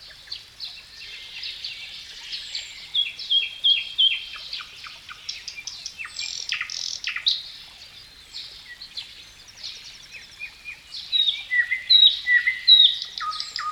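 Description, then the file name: Varied bird song of high chirps, short trills and whistled slurs, with quieter stretches between more energetic bursts. "melodiez vogels"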